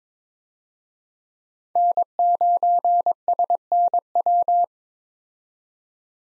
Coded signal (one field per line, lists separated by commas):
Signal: Morse code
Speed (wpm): 22 wpm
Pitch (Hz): 700 Hz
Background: none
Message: N9SNW